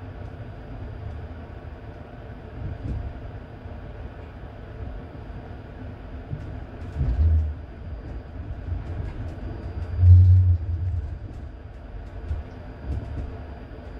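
A locomotive rumbles steadily, its sound sitting mostly in a deep low hum with a faint thin whine above. The level stays fairly even, rising into heavier low surges around seven seconds and again near ten seconds, with smaller swells near three and thirteen.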